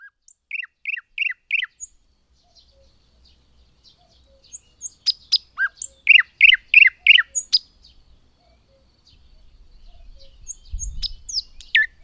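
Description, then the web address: Thrush nightingale song: a run of repeated chopping notes, a pause, then a loud series of rhythmic sweeping notes, ending with sharp whistles after a quiet gap. "agykontroll Madardalok Cd 2. Nagy fülemüle"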